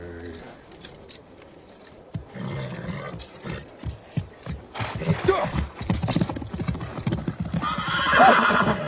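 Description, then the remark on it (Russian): Horse hooves clip-clop in a steady trotting rhythm as Jamukha turns his horse and trots off with Taichar, growing louder, with a horse snorting and whinnying near the end. “Он разворачивает коня и вместе с Тайчаром рысью скачет прочь.”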